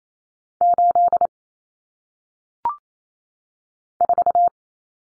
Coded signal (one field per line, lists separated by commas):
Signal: Morse code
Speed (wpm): 28 wpm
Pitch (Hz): 700 Hz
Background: none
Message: 8 4